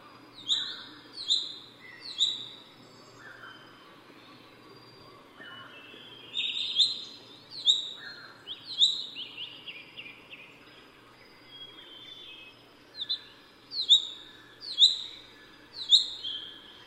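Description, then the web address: Crested goshawk calls: groups of three to five high, shrill squealing notes, the groups separated by pauses of a few seconds, with softer lower bird notes in the background. At Yushan. "鳳頭蒼鷹 Yushan"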